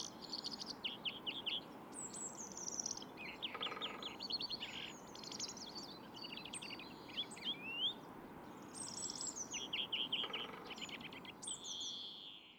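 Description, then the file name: European greenfinch calls: a busy run of high chirps, short trills and slurred whistles, with brief buzzy notes scattered through and constant background hiss. "Chloris chloris"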